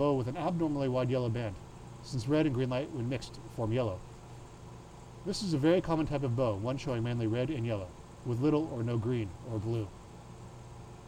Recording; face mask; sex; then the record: reading aloud; surgical mask; male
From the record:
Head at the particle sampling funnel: tilted up or above it, chin in front of it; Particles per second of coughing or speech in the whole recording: 0.48